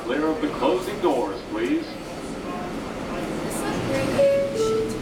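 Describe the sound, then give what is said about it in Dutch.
A steady low rumble and hiss of a moving subway car on a metro ride to Brooklyn, New York, with faint muffled voices early on and a brief high tonal squeal near the end. “Ik zit in een metro naar Brooklyn om heel bijzondere stadsgenoten te gaan opzoeken.”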